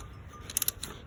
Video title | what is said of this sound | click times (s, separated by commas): Banggood torque wrench | If I tighten the bolt until it's at 150, wait for the click. | 0.6 s, 0.7 s